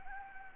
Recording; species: mosquito wingbeat signal from an infrared sensor; Anopheles gambiae